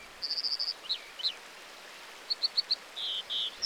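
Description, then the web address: American dipper calls: a fast string of high beads, then two slurred downward notes, a later run of four sharp chips and buzzy notes over constant water noise. "soundswild american dipper"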